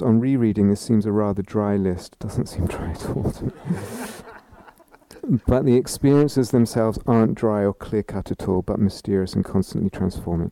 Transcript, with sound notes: on re-reading, this seems a rather dry list." It doesn't seem dry at all to me! [laughter] "But the experiences themselves aren't dry or clear-cut at all, but mysterious and constantly transforming."